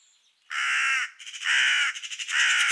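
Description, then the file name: Carrion crow giving three loud, harsh, drawn-out caws in quick succession, with a faint high note at the very start. "Corvus corone"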